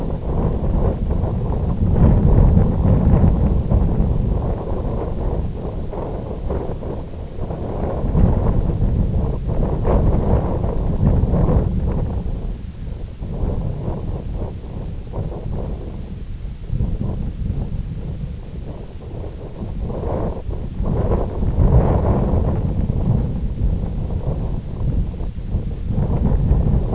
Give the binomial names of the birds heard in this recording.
none